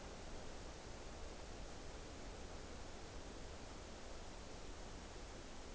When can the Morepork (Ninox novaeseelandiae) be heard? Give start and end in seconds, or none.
none